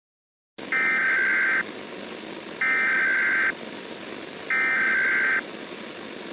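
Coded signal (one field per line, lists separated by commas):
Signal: Emergency Alert System (SAME) tones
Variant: header bursts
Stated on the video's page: Fictional EAS scenario, simulated alert.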